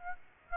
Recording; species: mosquito wingbeat signal from an infrared sensor; Aedes aegypti